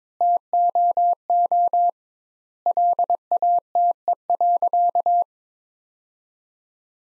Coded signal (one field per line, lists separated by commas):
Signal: Morse code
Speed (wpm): 22 wpm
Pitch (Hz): 700 Hz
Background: none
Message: TOO LATE.